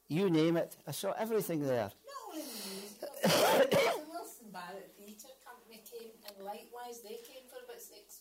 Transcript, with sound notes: You name it. I saw everything there.
Not only the musicals. [coughs] The Wilson Barrett Theatre Company came and likewise, they came for about six weeks.